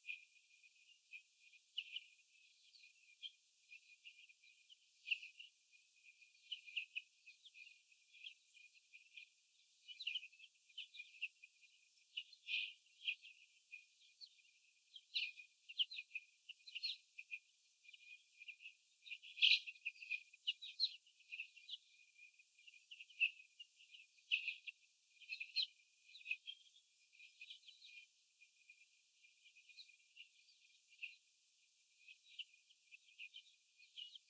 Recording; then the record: young laying hens in a cage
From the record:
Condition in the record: after the stressor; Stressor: sudden umbrella opening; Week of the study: 3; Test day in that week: 2